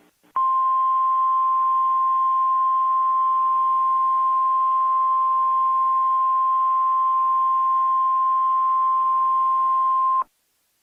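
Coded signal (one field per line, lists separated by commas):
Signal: Emergency Alert System (SAME) tones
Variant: 1050 Hz attention tone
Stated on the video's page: Simulated scenario alert depicting a fictional tornado outbreak; the page warns against loud headphone listening.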